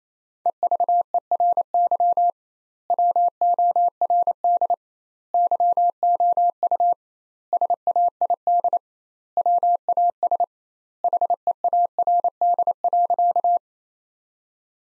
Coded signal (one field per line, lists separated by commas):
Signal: Morse code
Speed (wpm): 28 wpm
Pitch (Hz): 700 Hz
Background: none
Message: EVERY WORD YOU SAID WAS HEARD.